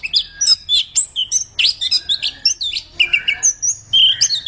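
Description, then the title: Orange-headed thrush song: a rapid, varied run of sharp whistled and chirping notes, many sweeping up or down, delivered in quick bursts with hardly any pause. Singing persistently and loudly (gacor). "Anis Kembang Gacor"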